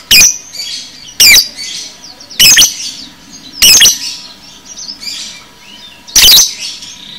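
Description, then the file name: Lovebird calls: loud rasping shrieks repeated every second or so, with a longer gap before the last, over a bed of softer high twittering. Masteran lovebird sounds, made for training cage birds. "masteran lovebird paud"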